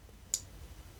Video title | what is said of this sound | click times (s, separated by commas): Magene P715k Dual Sided Power Pedals Unboxing | You hear a little click and then you'll be charging. | 0.3 s